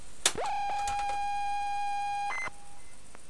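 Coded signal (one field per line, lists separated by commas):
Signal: ZX Spectrum tape loading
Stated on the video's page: ZX Spectrum loading from a mystery C60 cassette tape.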